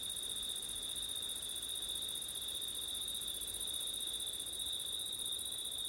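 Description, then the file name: Cricket chorus as an unbroken high-pitched trill, joined by an even higher shimmer, with faint wind noise beneath. Crickets at night in September, with wind; ORTF microphone setup. "crickets wind september night ortif"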